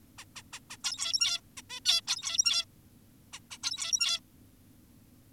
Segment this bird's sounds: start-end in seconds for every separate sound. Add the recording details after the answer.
0.18-0.25, 0.36-0.42, 0.53-0.60, 0.70-0.77, 0.84-1.41, 1.57-1.62, 1.70-1.80, 1.86-2.01, 2.08-2.65, 3.33-3.40, 3.51-3.58, 3.63-4.20. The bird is an adult. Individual g17y2U